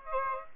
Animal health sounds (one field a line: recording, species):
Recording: mosquito wingbeat signal from an infrared sensor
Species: Aedes aegypti